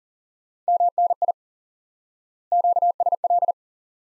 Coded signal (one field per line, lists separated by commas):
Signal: Morse code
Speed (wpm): 40 wpm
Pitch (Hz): 700 Hz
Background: none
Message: MNI QSL